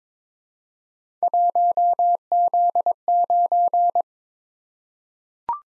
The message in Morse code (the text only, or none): 1Z9